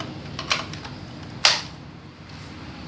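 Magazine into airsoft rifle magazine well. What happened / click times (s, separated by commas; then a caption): The magazine snapped into its well / 1.5 s. After reassembling an S&T SVD Dragunov airsoft sniper rifle, a magazine is fitted into its magazine well. A few light ticks and rattles near 0.4, 0.5 and 0.7 s lead up to one sharp, loud hit at 1.5 s as the magazine goes in. The magazine is seated.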